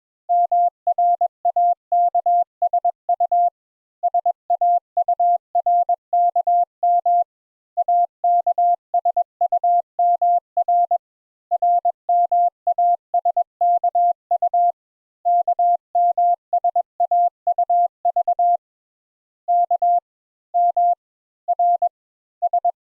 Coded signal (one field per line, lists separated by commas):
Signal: Morse code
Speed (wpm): 21 wpm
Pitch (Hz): 700 Hz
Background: none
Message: MRAKSU SAURKM AKSUMR RMASKU KMSAUV K M R S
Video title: Morse Code Introductory Lesson 4 Letters A and N